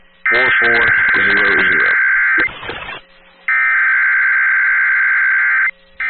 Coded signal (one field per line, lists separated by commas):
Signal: Emergency Alert System (SAME) tones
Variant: header bursts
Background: speech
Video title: Lubbock Messed Up + More | EAS Alerts from July 18th, 2023 (EAS #2911-2933)